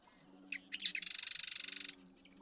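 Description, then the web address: Marsh Wren song: a few gurgling introductory notes followed by a dense, rapid, buzzy rattle lasting nearly a second. "birdsongforthecurious Marsh Wren"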